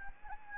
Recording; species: mosquito wingbeat signal from an infrared sensor; Anopheles gambiae